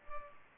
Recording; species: mosquito wingbeat signal from an infrared sensor; Culex pipiens